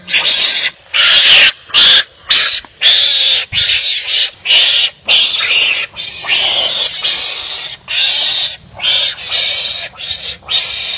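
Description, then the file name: Mongoose calls: loud, raspy, hissing bursts of varied length, some short and some drawn out, repeated in an uneven rhythm with brief silent gaps. "tieng cay mangut keu"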